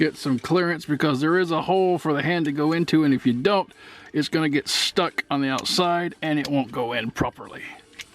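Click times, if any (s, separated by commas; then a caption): none. A plastic part with an arm is being handled and lined up so its arm clears a hole in its mounting housing, while someone talks throughout. Only speech is heard, with no distinct clicks. Nothing has seated or clicked yet.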